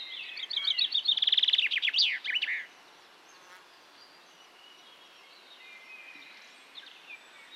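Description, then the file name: Common chaffinch song: a quick run of bright notes leading into a rattling trill with a short ending flourish, followed by several seconds of quiet background. "Fringilla coelebs"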